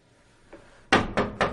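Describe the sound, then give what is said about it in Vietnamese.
A person knocks on the door of an inn room as a reminder: three firm knocks in a quick, even rhythm, preceded by a faint softer tap, each hit sharp and wooden with a short decay, no voices. “Ngoài cửa phòng có tiếng người gõ cửa nhắc nhở.”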